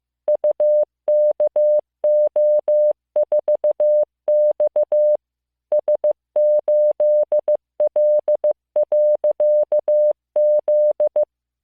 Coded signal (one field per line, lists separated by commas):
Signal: Morse code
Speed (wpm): 15 wpm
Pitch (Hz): 600 Hz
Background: music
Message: UKO4X S8L.Z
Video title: モールス信号聞き流し1９ Learn Morse Code